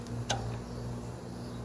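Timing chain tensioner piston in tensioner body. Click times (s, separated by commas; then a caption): 0.3 s. On a Celica engine, the crank is turned clockwise with a big ratchet until the timing chain tensioner hook releases and the piston springs out of the tensioner body. A sharp, bright click is heard at 0.3 s over a steady low hum, with a fainter tick just before it. The tensioner piston has released.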